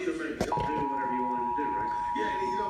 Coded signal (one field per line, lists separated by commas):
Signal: Emergency Alert System (SAME) tones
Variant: 853 and 960 Hz attention tone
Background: speech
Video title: Required Monthly Test EAS #34